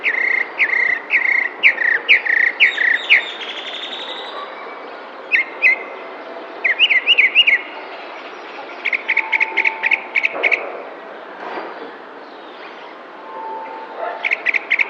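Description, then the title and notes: Tropical mockingbird singing, with bursts of bright, repeated chirping notes in quick phrases, each phrase type repeated several times before switching, with brief pauses between runs. Sings in spring, May 2021, in a neighbourhood park in San Cristóbal de Las Casas, Chiapas. "Cenzontle tropical que canta en primavera mientras alguien que hace ejercicio pasa a lo lejos en el parque de una colonia en San Cristóbal de Las Casas, Chiapas. Mayo 2021"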